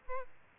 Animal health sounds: mosquito wingbeat signal from an infrared sensor; Aedes albopictus

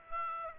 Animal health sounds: mosquito wingbeat signal from an infrared sensor; Aedes aegypti

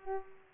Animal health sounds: mosquito wingbeat signal from an infrared sensor; Culex pipiens

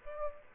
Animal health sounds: mosquito wingbeat signal from an infrared sensor; Aedes aegypti

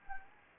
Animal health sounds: mosquito wingbeat signal from an infrared sensor; Anopheles arabiensis

